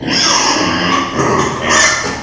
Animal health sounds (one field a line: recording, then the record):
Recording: squeal of a Yucatan mini pig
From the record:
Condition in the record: before surgery on the right vocal fold (resection and tissue-engineered implant)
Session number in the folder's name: 2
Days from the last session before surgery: 0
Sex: male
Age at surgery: 12 weeks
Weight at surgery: 13 kg